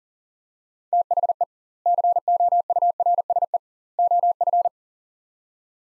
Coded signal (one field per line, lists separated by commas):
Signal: Morse code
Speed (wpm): 40 wpm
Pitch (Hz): 700 Hz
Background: none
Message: THE COURSE OF